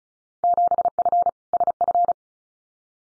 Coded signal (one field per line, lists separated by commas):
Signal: Morse code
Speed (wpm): 34 wpm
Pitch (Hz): 700 Hz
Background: none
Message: 7F SF